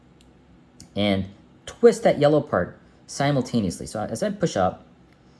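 Someone talks while pushing up and twisting the yellow plastic restrictor gate inside an arcade joystick base, trying to switch the gate from 8-way to 4-way. A few faint, brief ticks sound near the start and end of the clip. Nothing has seated or clicked into the notches yet.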